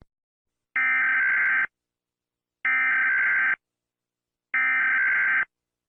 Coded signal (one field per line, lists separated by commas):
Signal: Emergency Alert System (SAME) tones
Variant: header bursts